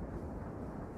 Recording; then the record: background sound without coughing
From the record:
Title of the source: Train Ride Ambience ambient white noise for sleeping, focus, studying, reading